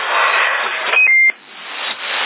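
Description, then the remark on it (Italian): An electronic hourly ding-dong chime: a short higher tone drops to a lower one held for about a quarter second, standing out over a steady hiss with no talking. It sounds every hour and gives a single tone every half hour. “Sì, questo ogni ora ci farà delle palle. E ogni mezz'ora fa il tocco singolo, capito?”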